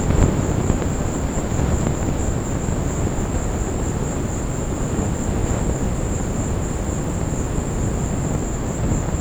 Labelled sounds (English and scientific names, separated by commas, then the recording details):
none
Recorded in secondary vegetation near Puerto Asís, Putumayo, Colombia, on 19 March 2025 at 16:00
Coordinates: 0.481, -76.318
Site G097